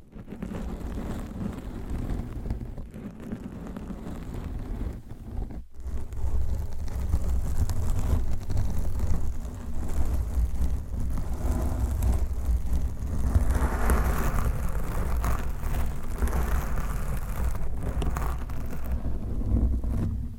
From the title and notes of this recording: ASMR Mic Scratching - Brain Scratching with DIFFERENT MICS Covers & Nails No Talking for Sleep.